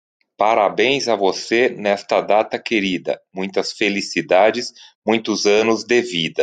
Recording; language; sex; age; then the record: short text; Brazilian Portuguese; male; 50 to 59 years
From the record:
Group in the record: control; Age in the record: 58 years